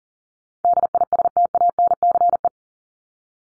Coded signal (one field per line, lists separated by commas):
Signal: Morse code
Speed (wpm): 40 wpm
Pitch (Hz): 700 Hz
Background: none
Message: DISTANCE